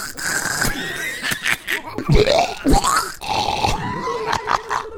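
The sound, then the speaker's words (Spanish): A voice imitates vomiting with a run of loud, strained retching grunts and gagging groans, coming in irregular bursts with a rough, throaty, rising pitch, and no words spoken. “Permítanme que vomite.”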